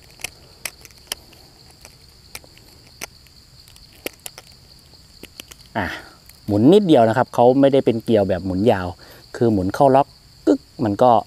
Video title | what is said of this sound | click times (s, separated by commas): รีวิว โคมไฟ LED แคมป์ปิ้ง ตัวจิ๋ว Ledlenser ML4 สว่าง 300 ลูเมน : ฝาปิดเลนส์รีวิว EP.13 | มันก็ล็อคได้แล้วนะครับ | 4.1 s